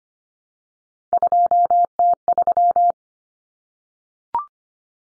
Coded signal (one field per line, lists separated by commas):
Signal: Morse code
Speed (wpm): 25 wpm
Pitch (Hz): 700 Hz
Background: none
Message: 2T3